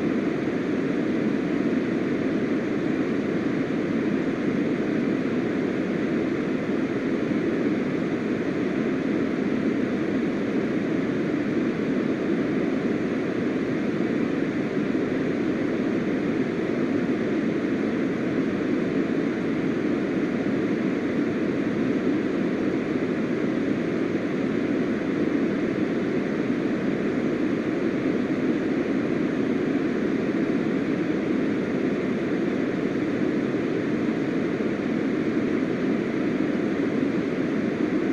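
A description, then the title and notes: Pink noise runs without a break, a steady, dense hiss weighted toward the low and middle range with a softer, airy top. The level holds perfectly even from start to finish, with no events, changes or background sounds. Uninterrupted pink noise.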